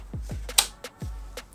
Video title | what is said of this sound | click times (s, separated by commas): S&T DSR-1 BOLT ACTION / Airsoft Unboxing Review / ARES DSR-1 | listen up very positive click into place | 0.6 s